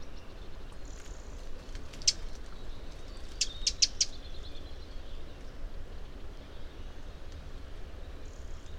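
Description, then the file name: Eurasian wren making sharp ticking calls: a lone tick, then a quick cluster of three, with faint thin whistles and low background rumble. "Troglodytes troglodytes"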